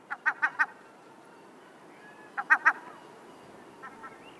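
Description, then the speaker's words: Glaucous-winged Gull calling in short clipped bursts, four quick nasal notes, a pause, then three more and a fainter pair. "And remember, when you hear this sound anytime, that's a glaucous winged gull, our bird of the month."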